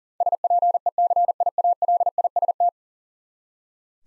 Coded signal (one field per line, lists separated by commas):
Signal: Morse code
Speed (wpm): 37 wpm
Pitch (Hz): 700 Hz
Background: none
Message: SPECIALIST